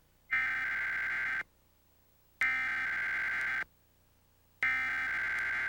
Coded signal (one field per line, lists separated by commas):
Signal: Emergency Alert System (SAME) tones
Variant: header bursts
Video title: WMDT Emergency Alert System - Required Weekly Test (June 2, 2022)